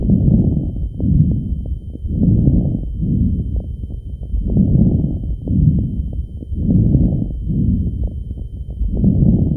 Crackles Med to fine.